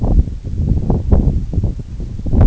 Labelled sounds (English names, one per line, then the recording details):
none
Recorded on Arctic tundra, site NAIT-1, on 2 July 2019
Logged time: 02:00